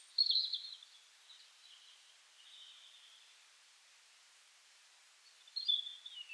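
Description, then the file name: European robin song, high phrases at the start and near the end, with faint soft notes in between. "Erithacus rubecula"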